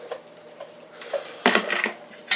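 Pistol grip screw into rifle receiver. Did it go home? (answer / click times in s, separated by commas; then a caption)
no / 1.5 s. A larger screwdriver drives the steel screw of a polymer AK pistol grip into a rifle receiver through heavy thread-locker, with faint scraping ticks followed by a sharp metallic slip at 1.5 s and a few more clanks. The screw strips out and stays loose.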